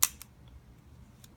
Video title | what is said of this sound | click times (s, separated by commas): Hi-Tec-C Coleto multipen review and explainer | if I want to unlock it I just push it halfway down super cool | 0.0 s